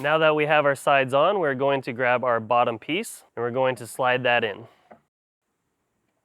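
Someone talks while the bottom panel of a ready-to-assemble particleboard base wastebasket cabinet is about to be slid in between the two side panels toward its locking connectors. Speech fills most of the clip, and it goes quiet after about 5 seconds. Nothing has seated or clicked yet.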